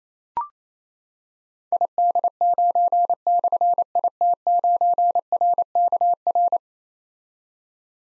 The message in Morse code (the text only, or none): ID9/IT9RKR